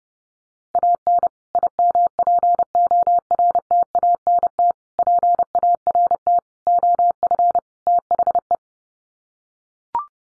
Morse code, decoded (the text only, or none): AN IMPORTANT PART OF THE